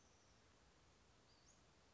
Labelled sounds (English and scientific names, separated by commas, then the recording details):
Western Flycatcher (Empidonax difficilis)
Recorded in Sonoma County, California